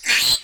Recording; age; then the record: pig call; piglet (1 to 25 days)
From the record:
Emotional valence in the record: negative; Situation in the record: restrain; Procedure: sham castration, cut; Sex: male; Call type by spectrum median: high-frequency call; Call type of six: high-frequency modulated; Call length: 0.44 s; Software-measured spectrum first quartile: 2539 Hz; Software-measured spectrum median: 3967 Hz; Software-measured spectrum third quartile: 5189 Hz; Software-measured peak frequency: 4107 Hz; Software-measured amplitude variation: 146 dB a second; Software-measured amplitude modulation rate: 16.9 a second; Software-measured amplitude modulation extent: 8.6 dB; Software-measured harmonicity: 3.0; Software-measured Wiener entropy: -1.90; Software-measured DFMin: 743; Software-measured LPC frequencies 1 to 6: 1820, 2476, 3128, 4114, 6036, 7519 Hz